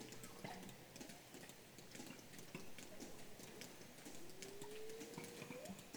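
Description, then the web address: Whale call: a long, slowly rising tonal whistle-like moan near the end, with a fainter note earlier, amid dense clicking and hiss underwater. "baleines"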